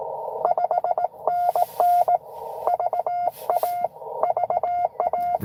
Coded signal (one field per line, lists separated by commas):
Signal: Morse code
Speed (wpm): 22 wpm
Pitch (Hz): 700 Hz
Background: radio noise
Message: 5NN VA VA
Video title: N2AKJ is live! Doing pota and 12 days of xmas at us-2147 #pota #cw